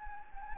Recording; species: mosquito wingbeat signal from an infrared sensor; Anopheles gambiae